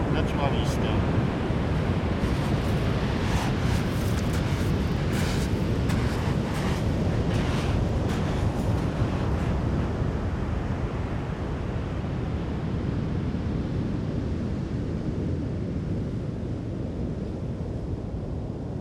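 A deep, steady rumble of the Atlantic fills the recording, a dense low roar that never lets up. During the first ten seconds faint hissy streaks of surf wash rise and fall above it, then the sound settles into a duller, even rumble.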